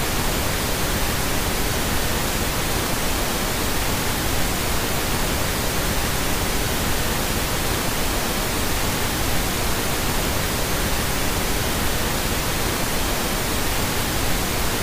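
Pink noise plays as a steady, dense hiss with a fuller low rumble, unchanging in level and texture from start to finish.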